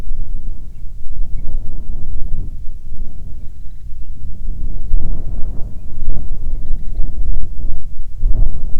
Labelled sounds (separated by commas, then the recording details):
bird, wind
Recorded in the Arctic National Wildlife Refuge, Alaska, on 9 July 2019 at 22:34
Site 48